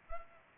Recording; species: mosquito wingbeat signal from an infrared sensor; Culex pipiens